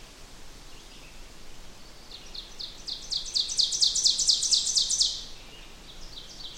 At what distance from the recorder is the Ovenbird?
about 30 m